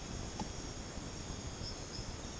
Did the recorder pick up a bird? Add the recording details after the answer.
no. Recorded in dense forest near Puerto Asís, Putumayo, Colombia, on 13 March 2025 at 01:30. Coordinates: 0.486, -76.317. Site G053